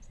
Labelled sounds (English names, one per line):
Lucy's Warbler flight call